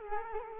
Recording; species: mosquito wingbeat signal from an infrared sensor; Culex quinquefasciatus